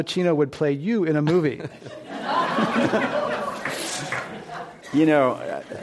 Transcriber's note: laughter